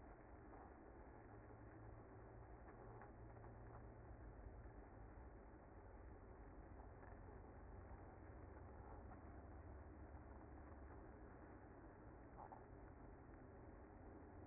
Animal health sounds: honeybee colony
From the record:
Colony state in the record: active

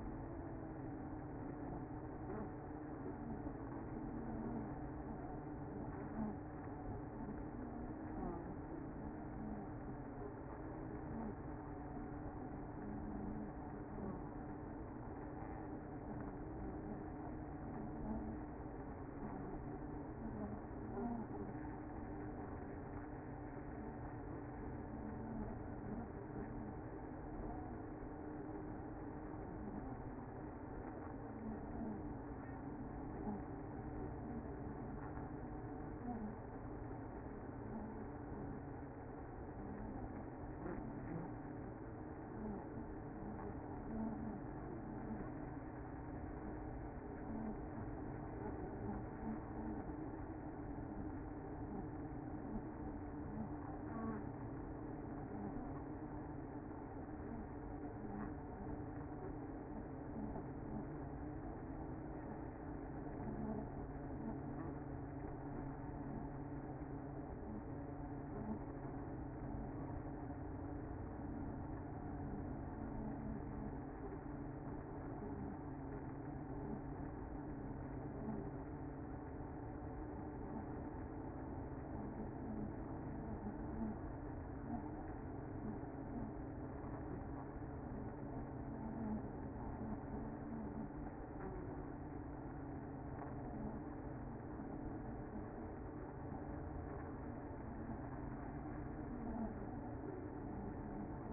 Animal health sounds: honeybee colony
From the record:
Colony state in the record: active

